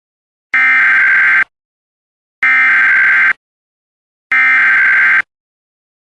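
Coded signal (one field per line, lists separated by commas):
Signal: Emergency Alert System (SAME) tones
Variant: header bursts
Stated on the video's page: Compilation of real civil (non-weather) EAS alerts.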